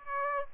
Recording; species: mosquito wingbeat signal from an infrared sensor; Aedes aegypti